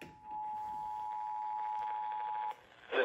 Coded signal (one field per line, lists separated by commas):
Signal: Emergency Alert System (SAME) tones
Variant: 853 and 960 Hz attention tone